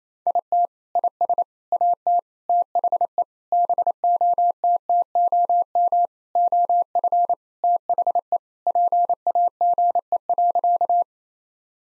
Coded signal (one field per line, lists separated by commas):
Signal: Morse code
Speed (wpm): 28 wpm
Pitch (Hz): 700 Hz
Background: none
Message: IT IS AT THE BOTTOM OF THE PAGE.